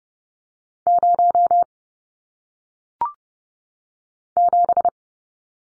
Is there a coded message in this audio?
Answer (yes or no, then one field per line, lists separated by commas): yes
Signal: Morse code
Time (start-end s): 0.9-4.9 s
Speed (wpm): 30 wpm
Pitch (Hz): 700 Hz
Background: none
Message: 0 7